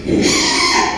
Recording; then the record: squeal of a Yucatan mini pig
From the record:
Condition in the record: after surgery on the right vocal fold (resection and tissue-engineered implant); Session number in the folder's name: 2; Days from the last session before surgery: 13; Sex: male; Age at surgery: 12 weeks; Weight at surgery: 13 kg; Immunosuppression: cyclosporine, prednisolone